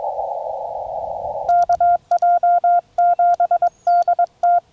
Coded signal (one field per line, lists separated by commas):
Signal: Morse code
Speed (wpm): 22 wpm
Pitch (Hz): 1400 Hz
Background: none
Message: KJ7DT